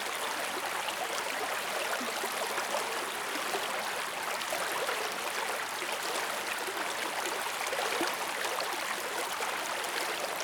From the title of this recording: Crisp and Clean River Water